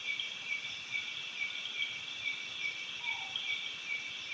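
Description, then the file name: Cicada song forms a continuous high, pulsing whine, with one brief falling bird note late. Cicadas and other insects at night, with birds, Doi Suthep National Park, Thailand. "insects cicada birds flowing water creek night doi suthep national park thailand"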